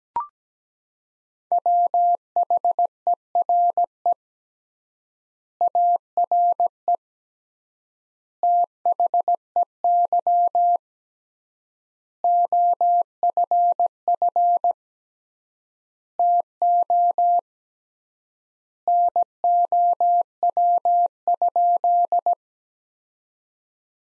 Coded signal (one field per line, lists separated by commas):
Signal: Morse code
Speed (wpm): 17 wpm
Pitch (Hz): 700 Hz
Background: none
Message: WHERE ARE THEY OFF TO NOW?